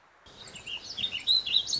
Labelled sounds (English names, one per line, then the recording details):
Warbling Vireo
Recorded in Sonoma County, California